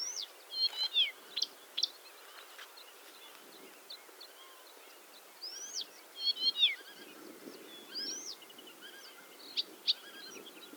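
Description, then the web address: Blyth's reed warbler delivering brief clusters of slurred whistles and clicks separated by pauses of several seconds, with quiet hiss between. "Struikrietzanger graszanger-acrocephalus-dumetorum"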